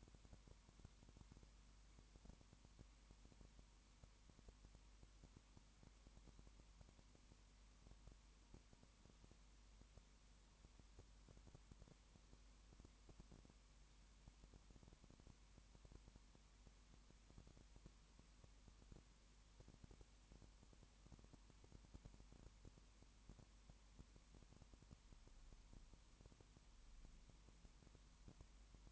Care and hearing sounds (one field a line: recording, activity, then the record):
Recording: daily activity, microphone in the room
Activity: no activity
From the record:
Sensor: 1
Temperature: 19.7 degrees Celsius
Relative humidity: 40.5%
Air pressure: 1010.7 hPa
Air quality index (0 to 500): 208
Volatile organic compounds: 56 ppm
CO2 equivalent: 3367 ppm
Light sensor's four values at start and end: 1/2/1/1 and 1/2/1/1